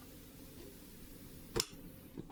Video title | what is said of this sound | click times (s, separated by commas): SILVERCREST STEAM MOP/HANDHELD STEAMER FROM LIDL ..FULL UNBOXING, PARTS EXPLAINED ETC ..PART 1 OF 2 | there that is now locked in and to release it you press | 1.6 s